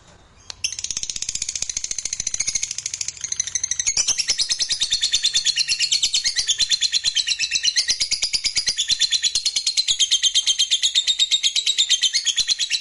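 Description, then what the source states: Lovebird song, a dense, continuous stream of high, rapid chirps and buzzy trills after a brief quiet start, pulsing steadily throughout. Fighter-type lovebird singing energetically (gacor).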